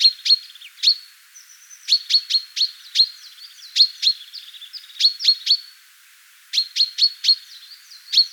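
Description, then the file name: Common chaffinch calls: sharp, high, clipped chirps in quick irregular bursts, with brief pauses and fainter notes between. "Fringilla coelebs"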